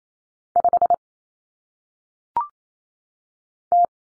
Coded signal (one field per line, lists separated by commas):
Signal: Morse code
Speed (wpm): 28 wpm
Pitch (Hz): 700 Hz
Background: none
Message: 5 T